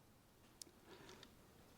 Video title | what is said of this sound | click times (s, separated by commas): Sobowo 2050, 2450 and 2650 Trike Bike Assembly - Trike Bike Australia - Best Electric Tricycles | Very gently squeeze the chain halves together till you feel it click, | 0.6 s